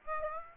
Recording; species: mosquito wingbeat signal from an infrared sensor; Aedes aegypti